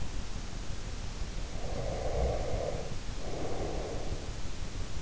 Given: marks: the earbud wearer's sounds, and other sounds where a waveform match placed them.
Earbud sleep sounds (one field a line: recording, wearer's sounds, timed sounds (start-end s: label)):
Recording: sounds in sleep by an in-ear microphone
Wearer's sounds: breath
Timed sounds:
1.39-4.58 s: breath